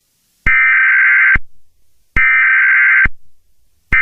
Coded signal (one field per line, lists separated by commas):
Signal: Emergency Alert System (SAME) tones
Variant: header bursts